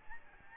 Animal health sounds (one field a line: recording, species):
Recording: mosquito wingbeat signal from an infrared sensor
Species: Aedes albopictus